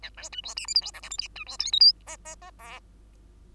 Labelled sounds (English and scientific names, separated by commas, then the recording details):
Bengalese Finch (Lonchura striata domestica) song
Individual Bird2